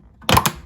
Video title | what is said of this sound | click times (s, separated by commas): Citroen C3 indicator bulb replacement - Front & Rear | There we go, look. So you just feel it snap in. | 0.3 s, 0.4 s, 0.5 s